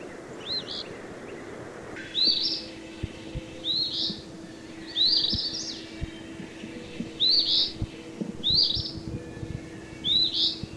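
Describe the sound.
Eastern phoebe giving a burry two-part high phrase several times at uneven intervals, against a steady low hum and background noise.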